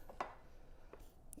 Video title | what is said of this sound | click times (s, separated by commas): New Nurzviy 40 Amp J1772 EVSE Charger | and then locks into place | 0.2 s, 1.3 s